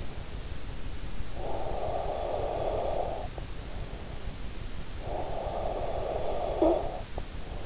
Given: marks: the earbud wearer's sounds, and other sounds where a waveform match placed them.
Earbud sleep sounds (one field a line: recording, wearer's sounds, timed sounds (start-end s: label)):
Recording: sounds in sleep by an in-ear microphone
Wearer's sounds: breath, snoring breath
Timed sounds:
1.19-3.60 s: breath
4.77-7.66 s: snoring breath